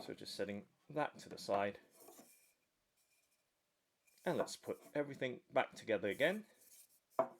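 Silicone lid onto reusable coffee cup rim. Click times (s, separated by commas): 7.2 s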